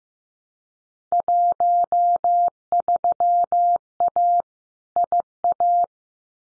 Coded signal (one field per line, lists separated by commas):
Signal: Morse code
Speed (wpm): 15 wpm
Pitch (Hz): 700 Hz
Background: none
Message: 13A IA